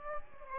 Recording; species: mosquito wingbeat signal from an infrared sensor; Aedes aegypti